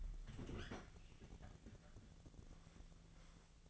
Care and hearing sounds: daily activity, microphone in the room; open fridge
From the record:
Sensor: 4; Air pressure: 1000.9 hPa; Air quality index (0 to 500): 127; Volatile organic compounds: 1 ppm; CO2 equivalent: 953 ppm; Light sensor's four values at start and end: 29/70/30/33 and 29/69/29/32

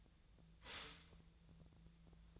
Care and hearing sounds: daily activity, microphone in the room; stop toaster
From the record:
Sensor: 3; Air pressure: 1009.3 hPa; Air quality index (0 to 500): 197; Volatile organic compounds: 16 ppm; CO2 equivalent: 2551 ppm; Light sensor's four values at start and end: 32/81/34/36 and 32/81/34/36

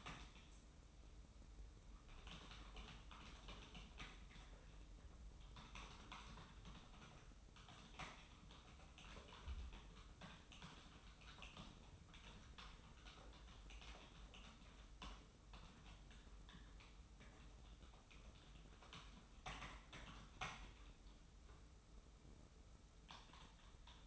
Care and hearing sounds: daily activity, microphone in the room; typing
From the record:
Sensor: 1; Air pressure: 991.0 hPa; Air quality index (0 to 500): 126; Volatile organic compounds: 290 ppm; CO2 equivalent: 4458 ppm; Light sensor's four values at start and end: 24/56/24/26 and 23/56/23/26

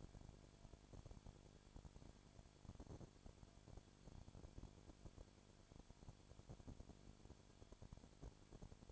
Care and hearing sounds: daily activity, microphone in the room; no activity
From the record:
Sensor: 5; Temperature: 20.1 degrees Celsius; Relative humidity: 36.5%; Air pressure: 1001.1 hPa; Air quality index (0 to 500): 176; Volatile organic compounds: 4 ppm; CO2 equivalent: 1602 ppm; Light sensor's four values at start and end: 2/3/1/1 and 2/3/1/1

